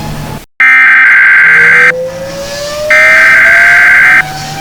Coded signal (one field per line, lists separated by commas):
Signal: Emergency Alert System (SAME) tones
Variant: header bursts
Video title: The Event (An EAS Scenario)